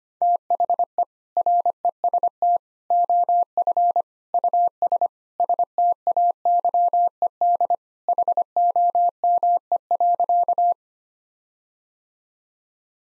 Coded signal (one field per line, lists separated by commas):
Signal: Morse code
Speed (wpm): 25 wpm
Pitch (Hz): 700 Hz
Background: none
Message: THE REST OF US STAYED HOME.